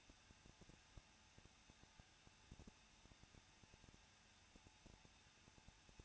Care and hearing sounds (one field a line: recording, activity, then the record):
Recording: daily activity, microphone in the room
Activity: no activity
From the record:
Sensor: 2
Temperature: 21.0 degrees Celsius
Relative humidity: 37.6%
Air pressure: 1006.3 hPa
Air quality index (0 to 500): 224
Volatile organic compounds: 25 ppm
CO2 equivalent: 2848 ppm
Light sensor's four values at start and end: 2/3/2/2 and 2/3/2/2